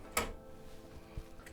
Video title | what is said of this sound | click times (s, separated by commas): Commodore SX-64 restoration, recapping and repair - Part 4 - Assembly and floppy drive repair | so i just bend it outwards and it clicks into place | 0.2 s